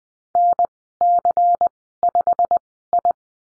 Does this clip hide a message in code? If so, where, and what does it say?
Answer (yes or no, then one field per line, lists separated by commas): yes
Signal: Morse code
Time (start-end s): 0.4-3.1 s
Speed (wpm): 20 wpm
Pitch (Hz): 700 Hz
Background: none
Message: NC5I